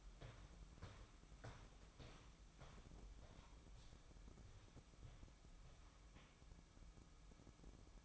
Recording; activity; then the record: daily activity, microphone in the room; walk to room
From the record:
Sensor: 1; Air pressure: 1008.2 hPa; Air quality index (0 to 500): 140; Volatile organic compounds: 2 ppm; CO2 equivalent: 1172 ppm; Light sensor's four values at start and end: 11/25/10/11 and 10/25/10/11